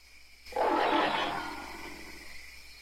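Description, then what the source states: Ape giving a single harsh, raspy scream that breaks in suddenly and slowly fades over about two seconds. Several apes in a long bout of angry screaming and growling.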